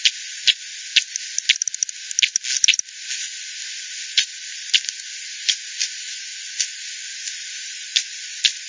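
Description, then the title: Bat echolocation calls as scattered dry clicks, bunching into a quick cluster of ticks early on, then spaced single clicks over a steady hiss. Multiple bats at Hogsmill River, Hogsmill Lane, recorded 7 October 2020 at 18:10; frequency-divided by ten, bandpass filtered and resampled. "bat 20201007 T 18 : 10 Z-Hogsmill-Lane-Hogsmill-River-multiple-bats-FD 10"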